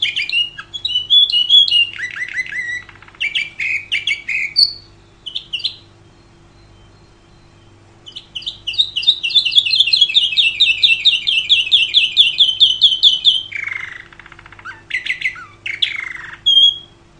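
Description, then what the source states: Canary song in varied bursts of high chirps and warbled notes, a pause, then a long rapid rolling trill followed by more short twittering phrases; faint low hum underneath. Champion bird singing.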